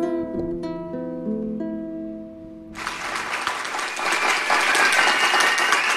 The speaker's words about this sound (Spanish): Están escondidos. Están escondidos ahí debajo de la mesa, están aplaudiendo. Son estos pequeños enanitos que aplauden debajo de la mesa.